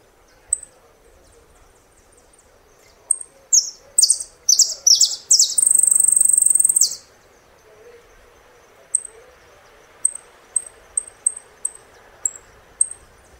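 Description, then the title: Saffron finch song: a short run of slurred falling notes and a long buzzy trill, followed by a string of quick, thin high chips. "Jilguero Argentino"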